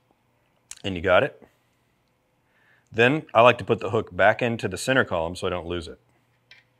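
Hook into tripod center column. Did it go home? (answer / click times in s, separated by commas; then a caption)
no / none. A person handles the counterweight hook of a Peak Design Travel Tripod, about to push it up and rotate it back into the tripod's center column. Someone talks throughout, with a faint sharp sound near 0.7 s and a brief one near 6.5 s. The hook has not clicked into the center column yet.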